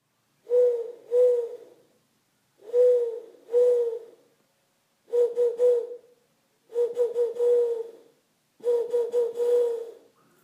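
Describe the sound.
Owl hooting in five bursts of two or more low mellow notes, with short silences between.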